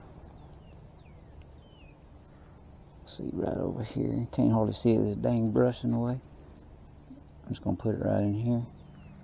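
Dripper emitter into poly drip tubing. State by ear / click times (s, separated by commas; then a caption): not seated / none. A one-gallon-per-hour dripper emitter is being positioned with a PVC-held tool to be pushed into plastic poly drip tubing while someone talks over quiet background noise. There is a faint brief sound at 1.4 s and a few high chirps early on. Nothing has seated or popped into place yet by the end of the clip.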